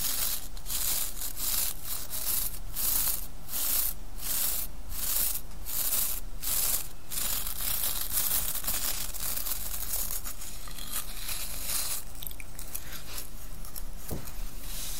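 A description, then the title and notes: Hair is brushed in steady, regular bright strokes about twice a second, easing into a softer, denser rustle of hair play after eight seconds. ASMR Relaxing Hair Play & Brushing.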